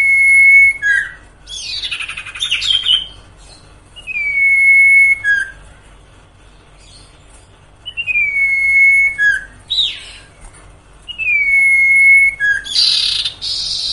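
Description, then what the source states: Sirtu song alternating steady whistled phrases with dropping endings and harsh scratchy bursts, about four whistles in all. Masteran training song for cage birds, with the full range of song variations.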